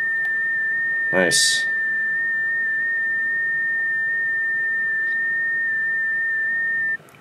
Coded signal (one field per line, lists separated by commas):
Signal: FT8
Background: speech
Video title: iFTX FT8 Setup and Operations on the QMX Transceiver